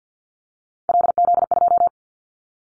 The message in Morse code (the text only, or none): LZ2